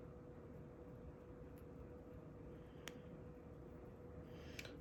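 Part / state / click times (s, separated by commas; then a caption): plastic miniature part into its mating part / seated / 4.6 s. Two plastic parts of a snap-fit Warhammer 40,000 Space Marine miniature are pushed together by hand over a steady low hum. A sharp tick sounds at 2.9 s, then a small click at 4.6 s as the part snaps into its mating part and seats.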